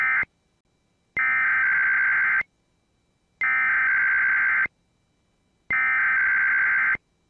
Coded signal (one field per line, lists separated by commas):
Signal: Emergency Alert System (SAME) tones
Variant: header bursts